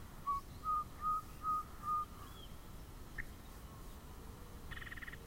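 Yellow-breasted chat singing a steady series of five even whistled notes, followed after a pause by a brief harsh, higher burst; low rumble underneath.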